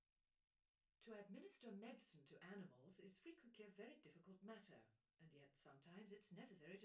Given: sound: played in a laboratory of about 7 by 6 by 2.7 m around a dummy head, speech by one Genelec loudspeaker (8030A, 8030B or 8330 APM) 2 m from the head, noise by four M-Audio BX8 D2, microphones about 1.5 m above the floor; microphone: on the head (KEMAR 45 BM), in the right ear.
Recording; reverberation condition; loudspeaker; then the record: female speech in English; low; 120 degrees to the left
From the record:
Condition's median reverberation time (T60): about 310 ms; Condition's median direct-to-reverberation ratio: about 3.5 dB